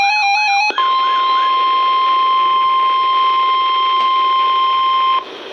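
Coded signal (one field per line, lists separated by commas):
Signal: Emergency Alert System (SAME) tones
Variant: 1050 Hz attention tone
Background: music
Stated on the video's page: Special marine warning from the National Weather Service, received on two Radioshack weather radio receivers.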